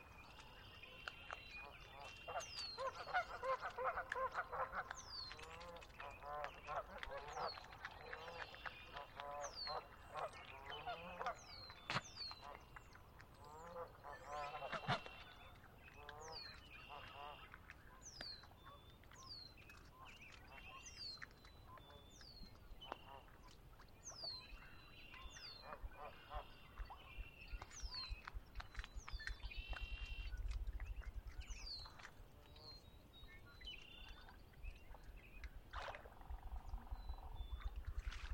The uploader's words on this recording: Conner's Lake, chilly Spring dawn. Sinlahekin Wildlife Area. The temperature was chilly, barely above freezing, but the birds were abundant.